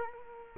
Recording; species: mosquito wingbeat signal from an infrared sensor; Culex quinquefasciatus